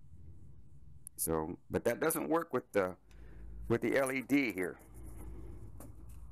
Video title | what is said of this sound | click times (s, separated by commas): LS650 LED headlight swap out | you just push it down and lock it into place with this tab so | 1.1 s